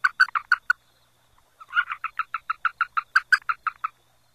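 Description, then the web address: Arroyo toad calling in a pulsed series of short, harsh notes: a brief burst of a few, a pause, then a longer run of about fifteen evenly spaced pulses. North America. "Songs of Frogs Toads of North America. Arroyo Toad"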